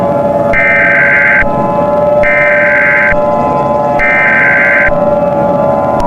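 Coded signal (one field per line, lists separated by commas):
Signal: Emergency Alert System (SAME) tones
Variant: header bursts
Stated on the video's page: Fictional simulated EAS scenario about a technology corruption outbreak.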